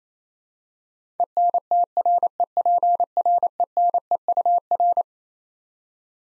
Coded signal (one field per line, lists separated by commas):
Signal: Morse code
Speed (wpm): 27 wpm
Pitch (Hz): 700 Hz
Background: none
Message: ENTREPRENEUR